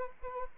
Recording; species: mosquito wingbeat signal from an infrared sensor; Anopheles arabiensis